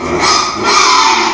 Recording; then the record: squeal of a Yucatan mini pig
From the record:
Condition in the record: after surgery on the right vocal fold (resection and tissue-engineered implant); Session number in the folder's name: 2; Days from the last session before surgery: 13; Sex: male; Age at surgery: 12 weeks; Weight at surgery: 13 kg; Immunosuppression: cyclosporine, prednisolone